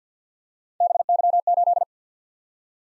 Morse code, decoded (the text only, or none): BY8